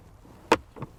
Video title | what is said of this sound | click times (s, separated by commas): DIY 2020 2021 2022 2023 2024 2025 Hyundai Palisade Replacing Cabin Air Filter | You'll hear it click once you lock it in place. | 0.5 s